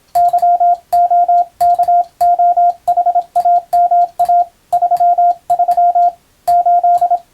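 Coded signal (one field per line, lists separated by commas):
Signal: Morse code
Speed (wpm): 26 wpm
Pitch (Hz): 700 Hz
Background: radio noise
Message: YOKOHAMA 33 8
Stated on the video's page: Morse code reception practice of telegram-style text for radiotelegraph operators, intended to be played at adjustable speed.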